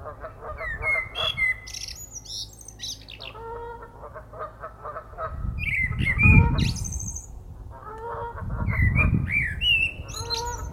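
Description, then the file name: Goose pair chattering: short, nasal, harmonic calls in quick bursts, with some higher notes over a low rumbling background. A pair of geese chattering. "hanhipari rupattelee"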